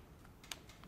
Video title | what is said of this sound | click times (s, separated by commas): Battery Storage, Organization, & Carry | can hear it has a pretty good click now | 0.5 s